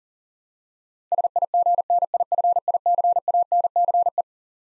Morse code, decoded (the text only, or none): SIGNIFICANCE